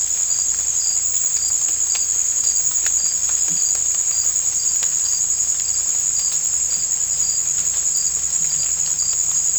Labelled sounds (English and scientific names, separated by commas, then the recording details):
none
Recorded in dense forest near Puerto Asís, Putumayo, Colombia, on 18 December 2024 at 01:00
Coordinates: 0.481, -76.323
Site G100